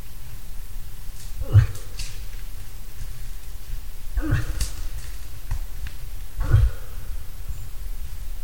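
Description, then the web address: Moose, three short falling grunts separated by a few seconds. "hirvi. nisakkaiden-aania-7-osa-hirvi"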